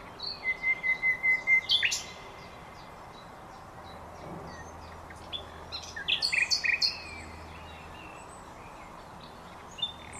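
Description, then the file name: Common nightingale singing: a rapid series of loud repeated notes, a quiet gap, then a later phrase of clipped, rattling notes, with faint chirps around. "Luscinia megarhynchos"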